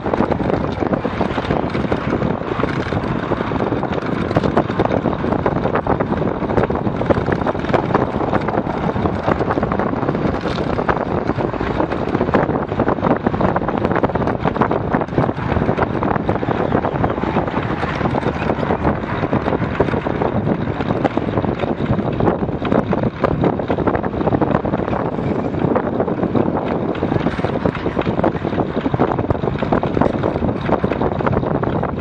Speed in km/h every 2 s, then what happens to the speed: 32, 35, 28, 25, 30, 33, 27, 26, 30, 28, 28, 32, 29, 27, 26, 30.
3-5 brakes to 25. 5-32 steady at about 28.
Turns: none.